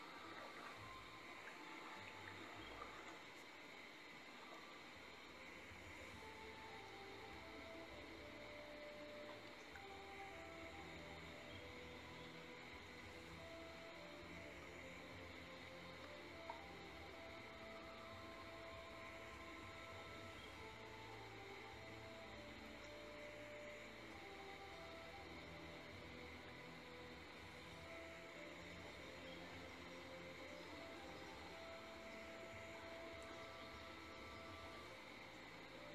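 A boat ride through the rainforest: a steady engine drone and rumbling hull, with faint high whistling tones and insect-like buzzing throughout.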